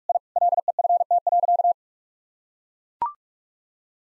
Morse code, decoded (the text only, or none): I LEFT.